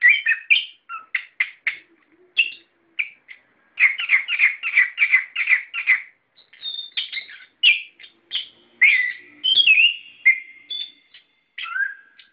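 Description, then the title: Bird song, fast repeated chirps in bursts, a rapid trill-like series, then slower varied whistled notes. "SuaraBurung Kicau4"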